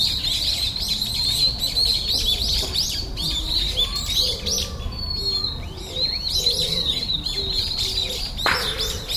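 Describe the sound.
Bird chorus of busy high chirps and a clear drawn-out whistle midway, many birds overlapping above a low background rumble.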